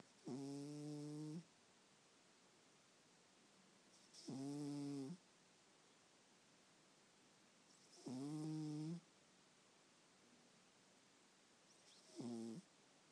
Cat snoring.